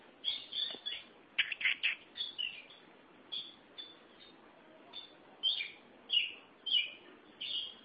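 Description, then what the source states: Oriental magpie-robin song: a run of short whistled and harsher notes, given in quick bursts with brief pauses, over a light steady hiss. Chirping song (kicauan) of the bird.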